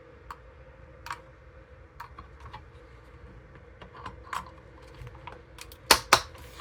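A plastic accessory part is pressed into the body of a toy vehicle: after a stretch of quiet, small ticking and handling sounds, two loud, sharp plastic snaps ring out at 5.9 and 6.1 seconds. The part is seated, snapped firmly into place.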